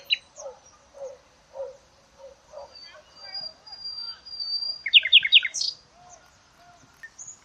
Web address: cianscape birddata Deverinetal 2025 Bird Only Lu Me Lu Me